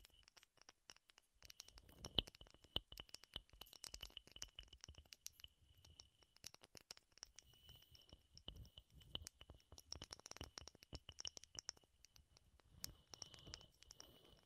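Wooden tapping and rattling sounds play close up, with dense clusters of sharp clicks and knocks coming irregularly throughout. A faint steady high whine runs underneath, and occasional soft low thumps add weight to some taps.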